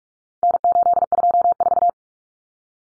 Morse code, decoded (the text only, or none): N824